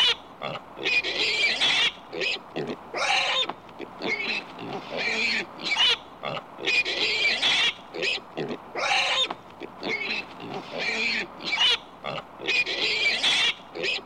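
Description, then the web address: Pig squealing and screeching loudly in many repeated bursts, hardly pausing throughout. Squealing, grunting and screeching. "pig squealing grunting screeching animal"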